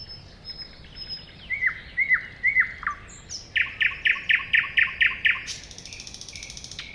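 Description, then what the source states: Thrush nightingale song with high thin whistles, three slurred descending whistles, a burst of several loud knocking chocks, then a buzzy rattling trill. At a woodland edge next to a lake.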